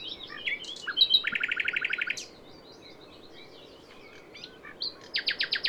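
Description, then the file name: Common nightingale song: varied whistles leading into a rapid repeated trill, soft twitters, then another fast pulsed run. "Luscinia megarhynchos"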